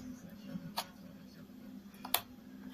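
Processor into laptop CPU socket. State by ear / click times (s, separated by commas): seated / 2.1 s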